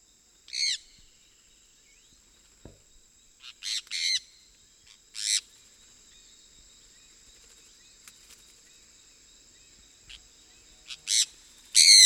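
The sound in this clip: Sun parakeet producing short, shrill raspy squawks, singly and in pairs, scattered through quiet intervals with a faint high steady tone.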